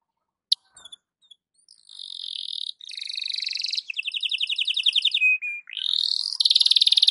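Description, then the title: Belgian canary beginning with scattered chips, then building into sustained buzzy rolls, fast trills and a rising sweep into a loud roll. Belgian canary morning song, used to warm up a canary and described as suited for masteran (tutoring). "Canto Para Esquentar Canário Belga. SUARA BURUNG KENARI DI PAGI HARI COCOK BUAT MASTERAN"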